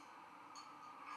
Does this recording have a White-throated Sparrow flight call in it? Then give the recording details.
no. No flight call is heard. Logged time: 01:56 on 11 November 2014